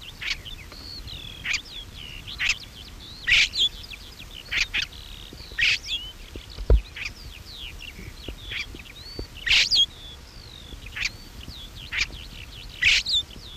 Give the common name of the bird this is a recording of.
Lesser Grey Shrike